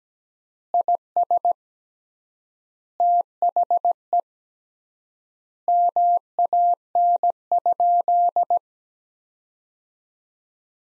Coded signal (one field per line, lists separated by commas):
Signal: Morse code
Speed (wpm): 17 wpm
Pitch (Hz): 700 Hz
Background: none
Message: IS THE MAN?